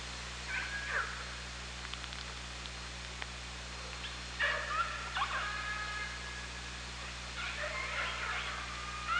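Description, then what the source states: Killer whale calls in three groups, short harmonic bursts early, a stronger banded call near the middle and another cluster at the end, with faint clicks and steady hum. Underwater OrcaLab hydrophone at Parson Island, 24 August 2017, 18:32.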